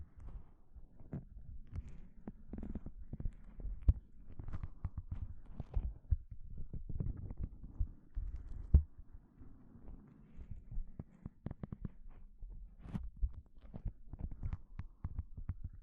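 Gloves being handled, with a dense run of soft rubbing, squeezing and flexing sounds that are mostly low and muffled. Small sharper clicks and snaps break through irregularly, with a louder pop near four seconds and another just before nine.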